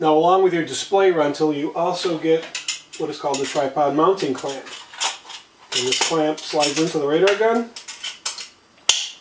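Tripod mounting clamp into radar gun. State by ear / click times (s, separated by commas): seated / 8.3 s, 8.9 s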